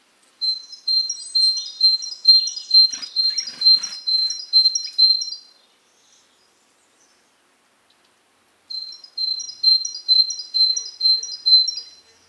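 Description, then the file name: Great tit song: a high two-note phrase, bright upper note then lower steady note, repeated about twice a second for five seconds, a pause, then resuming. "Parus major"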